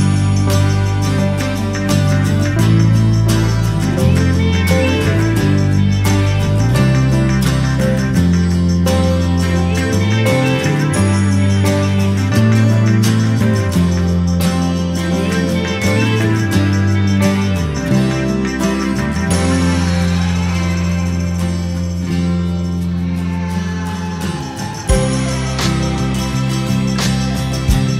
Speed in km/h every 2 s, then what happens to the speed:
39, 35, 28, 18, 6, 1, 0, 0, 0, 0, 0, 0, 0, 0.
0-10 brakes to 1. 10-28 standing.